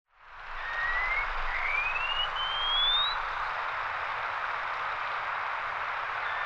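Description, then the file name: Wallcreeper song: a thin whistled phrase of slurred notes climbing steadily in pitch over about two and a half seconds, against a loud steady rushing noise. "Tichodroma muraria"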